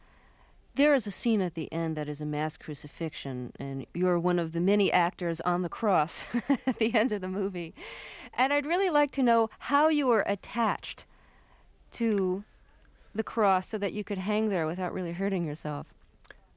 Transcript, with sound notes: There is a scene at the end that is a mass crucifixion. And you are one of the many actors on the cross (laughter) at the end of the movie. And I'd really like to know how you were attached to the cross so that you could hang there without really hurting yourself.